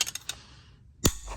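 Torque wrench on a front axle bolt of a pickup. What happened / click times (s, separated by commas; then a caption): The torque wrench clicked at its setting / 0.0 s. A torque wrench tightening steel bolts on the front axle of a Jeep Gladiator JT pickup to 75 ft-lb during a ball joint replacement clicks at its setting at 0.0 s. A quick series of sharp metallic ticks follows to about 0.3 s, then quiet, then another bright, louder snap near 1.1 s and a faint tick at 1.4 s. The wrench reached its torque setting.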